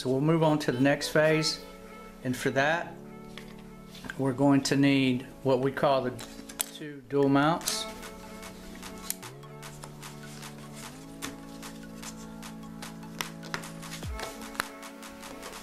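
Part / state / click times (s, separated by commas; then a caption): dual mount plates into a carbon fiber drone frame / seated / 9.1 s, 13.2 s, 13.5 s, 14.6 s. Carbon fiber dual mounts are pressed into the slots of a PyroCube box-style race drone frame while someone talks over background music. Sharp snaps are heard at 9.1, 13.2, 13.5 and 14.6 seconds as the mounts snap into place with a tight, perfect fit.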